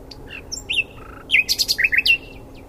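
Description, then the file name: Common nightingale song: varied whistles and sweeps opening into a fast burst of loud, rich repeated notes, then a few further phrases. "Luscinia megarhynchos"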